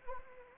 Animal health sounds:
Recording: mosquito wingbeat signal from an infrared sensor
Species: Anopheles arabiensis

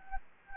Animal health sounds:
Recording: mosquito wingbeat signal from an infrared sensor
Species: Anopheles gambiae

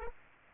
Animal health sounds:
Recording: mosquito wingbeat signal from an infrared sensor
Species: Aedes aegypti

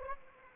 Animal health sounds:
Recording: mosquito wingbeat signal from an infrared sensor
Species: Anopheles arabiensis

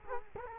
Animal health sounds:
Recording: mosquito wingbeat signal from an infrared sensor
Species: Culex quinquefasciatus

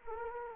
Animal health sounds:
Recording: mosquito wingbeat signal from an infrared sensor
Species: Anopheles arabiensis

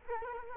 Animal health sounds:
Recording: mosquito wingbeat signal from an infrared sensor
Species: Culex quinquefasciatus

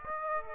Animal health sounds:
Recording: mosquito wingbeat signal from an infrared sensor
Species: Aedes aegypti

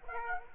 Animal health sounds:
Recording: mosquito wingbeat signal from an infrared sensor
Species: Aedes aegypti

